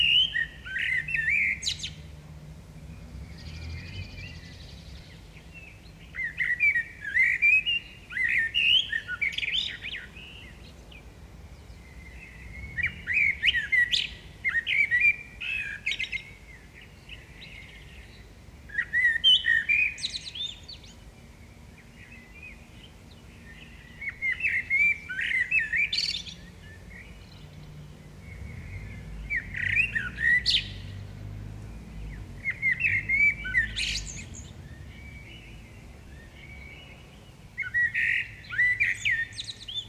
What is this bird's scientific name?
Turdus merula